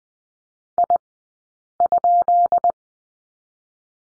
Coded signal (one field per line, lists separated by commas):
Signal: Morse code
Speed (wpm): 20 wpm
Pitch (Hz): 700 Hz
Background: none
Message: I?